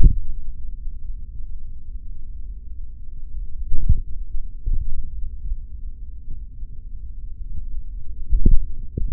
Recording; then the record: forearm muscle sounds (acoustic myography)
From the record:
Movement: finger pinch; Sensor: system 3, bracelet of six PUI Audio POM-2738L microphones around the upper forearm, with dedicated amplification and filtering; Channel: 4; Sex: male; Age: 26 years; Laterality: right